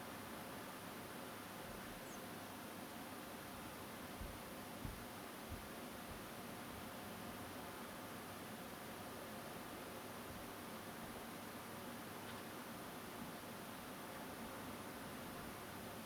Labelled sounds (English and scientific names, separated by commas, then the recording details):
European Robin (Erithacus rubecula)
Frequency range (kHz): European Robin (Erithacus rubecula) 6.0-8.0 kHz
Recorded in France